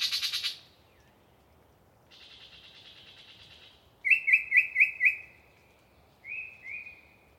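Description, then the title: Yellow-breasted chat song: a harsh rattle fading out, a long buzzy note, five loud clipped notes in a row, then two drawn whistles. Pre-dawn, a particularly chatty bird giving a long soliloquy from deciduous cover. "A Very Chatty Yellow-breasted Chat"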